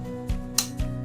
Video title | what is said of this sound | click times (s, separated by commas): Konveksi Tas Asher-Online.com membahas sampel tas pinggang, pabrik tas pinggang custom, tas pinggang | Bisa didengar? Nah, bunyi klik seperti ini | 0.6 s